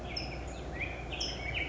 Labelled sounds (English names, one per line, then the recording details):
California Towhee
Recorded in Sonoma County, California